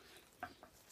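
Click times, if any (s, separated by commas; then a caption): none. A fork with its headset bearing part fitted is slid up into the head tube of an IHC scooter deck, making light handling knocks and scrapes, with a brief tap at about 0.4 s and a smaller one at 0.6 s. Nothing has seated or clicked into place yet.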